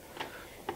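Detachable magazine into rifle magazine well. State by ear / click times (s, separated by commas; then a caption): partly seated / 0.2 s. A polymer detachable magazine with double latches is pushed into the magazine well of a Steyr Scout rifle and clicks into the first of its two latch positions at 0.2 s, followed by a second brief, sharp click at 0.7 s. The magazine sits only partly seated at that first position, where it will not feed rounds.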